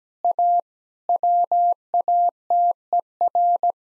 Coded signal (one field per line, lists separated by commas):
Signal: Morse code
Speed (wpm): 17 wpm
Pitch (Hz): 700 Hz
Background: none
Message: A WATER